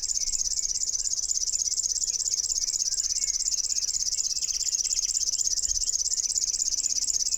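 River warbler song, an unbroken high rhythmic buzzing trill with even pulses, while soft chirps of other birds come through in the background.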